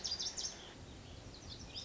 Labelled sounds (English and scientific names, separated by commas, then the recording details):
Lazuli Bunting (Passerina amoena)
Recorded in Sonoma County, California